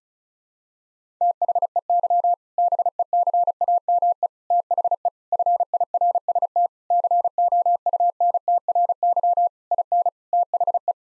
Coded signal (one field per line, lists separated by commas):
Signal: Morse code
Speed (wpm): 36 wpm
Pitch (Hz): 700 Hz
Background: none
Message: THEY BECAME THE FIRST COUNTRY IN THE